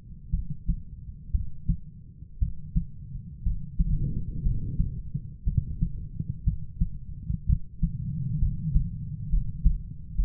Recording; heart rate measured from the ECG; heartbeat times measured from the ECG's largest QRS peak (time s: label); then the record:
heart sounds by stethoscope; 61 bpm
0.30 s: heartbeat
1.31 s: heartbeat
2.39 s: heartbeat
3.43 s: heartbeat
4.42 s: heartbeat
5.44 s: heartbeat
6.44 s: heartbeat
7.46 s: heartbeat
8.39 s: heartbeat
9.29 s: heartbeat
10.15 s: heartbeat
From the record:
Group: healthy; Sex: female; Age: 37 years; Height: 168 cm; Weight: 70 kg